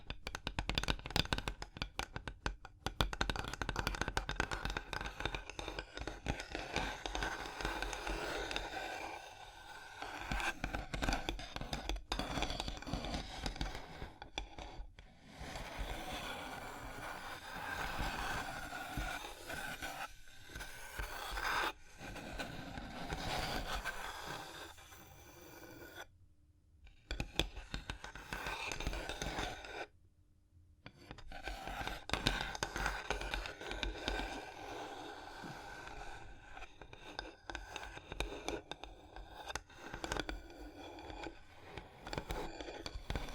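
Surface tapping, scratching and tracing fill the recording with dense, busy friction and small clicks that rarely let up. The texture is bright and crackly, swelling and thinning in waves, with two brief pauses near 26 and 30 seconds.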